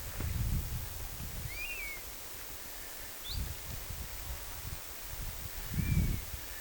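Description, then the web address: Honey buzzard giving thin, plaintive whistled calls, one early that slurs downward, a short rising one midway and another near the end, over low rumbling wind noise. Calls recorded on 27 August 2026. "paivat 27 8 2026 mehilaishaukan aania"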